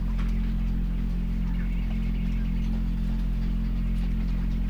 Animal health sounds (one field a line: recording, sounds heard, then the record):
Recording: poultry house recording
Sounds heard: sick chickens (respiratory disease)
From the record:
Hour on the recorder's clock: 3